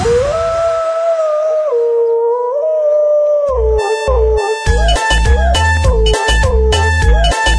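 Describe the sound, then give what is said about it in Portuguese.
A long, wavering wolf howl holds and slides between pitches, then a heavy, thumping electronic beat enters partway through while the howling tone carries on over it. “Olha o lobo, olha o lobo, olha o lobo furioso.”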